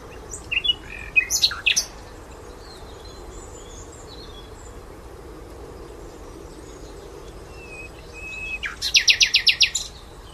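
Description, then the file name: Common nightingale song: a burst of varied chirps and sharp notes early on, a long pause, then a rapid rattling series of repeated notes near the end. "Luscinia megarhynchos"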